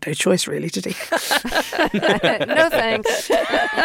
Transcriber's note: laughter